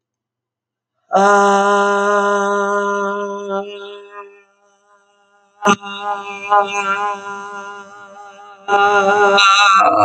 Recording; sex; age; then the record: vowel held as long as possible; female; 50 to 59 years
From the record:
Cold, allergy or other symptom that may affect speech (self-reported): no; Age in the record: 58 years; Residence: Florida, United States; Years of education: 20